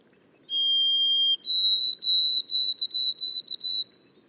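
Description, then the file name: White-throated sparrow song: a held clear whistle, then a higher pitch split into a fast series of short repeated notes that trail off. Boreal forest of Haute-Côte-Nord, 29 May 2018. "bruant-a-gorge-blanche-foret-boreale-de-la-haute-cote-nord-29-mai-2018"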